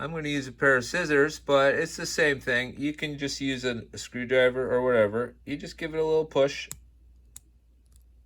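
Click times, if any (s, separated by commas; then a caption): 7.4 s. A tabbed guide part is pushed down into a plastic slot car chassis with the tip of a pair of scissors while someone talks. After the speech stops, a sharp click at 7.4 s marks the guide popping into place, followed by a couple of faint ticks, and the part is seated.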